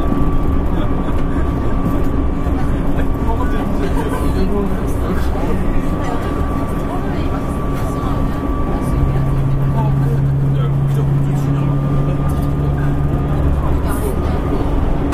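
Running sound inside a Nankai 50000 series electric train, a steady low rumble and hum that holds level throughout. A thin whine sits above the rumble the whole time, and a lower tone rises in from about 9 to 14 seconds, with faint speech mixed in.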